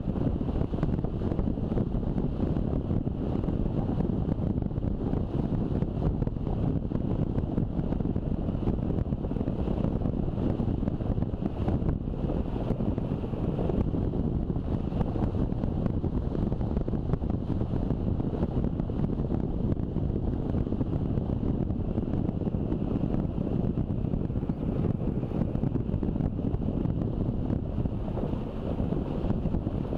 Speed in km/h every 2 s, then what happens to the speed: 29, 29, 28, 28, 27, 27, 27, 28, 27, 26, 27, 26, 26, 26, 27.
0-30 steady at about 27.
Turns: none.